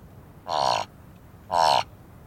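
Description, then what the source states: Thick-billed raven giving two deep, rough croaks about a second apart, each lasting roughly a third of a second. Several thick-billed ravens flying around and calling at a carcass on the Sanetti Plateau, Ethiopia; recorded with a Sennheiser microphone.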